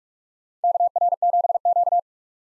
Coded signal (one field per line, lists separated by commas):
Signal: Morse code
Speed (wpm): 42 wpm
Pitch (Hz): 700 Hz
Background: none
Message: KR7Q